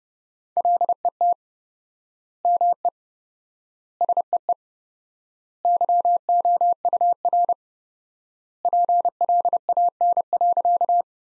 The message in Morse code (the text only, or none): LET ME SEE YOUR PLAN.